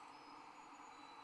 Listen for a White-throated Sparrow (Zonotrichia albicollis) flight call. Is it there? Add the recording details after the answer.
no. No flight call is heard. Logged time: 08:48 on 30 November 2014